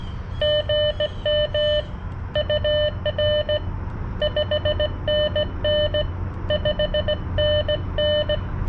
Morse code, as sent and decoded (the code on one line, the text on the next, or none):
--. -- / ..- .-. / ..... -. -. / ..... -. -.
GM UR 5NN 5NN